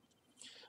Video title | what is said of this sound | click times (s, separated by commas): E-Cigarette First Experience | so you put the top on and make sure you hear it snap in | 0.4 s